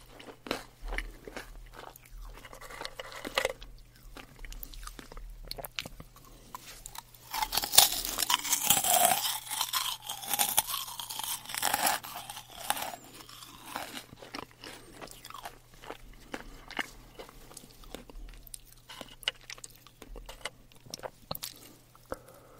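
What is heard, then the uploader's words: Crisp meringue cookies being bitten and chewed, dense crunching peaking around 8–12 seconds, with a steady low hum underneath. ASMR 마이크 4개로 머랭 쿠키, 마카롱 이팅 담아봄 meringues cookies eating , macaron eating sound.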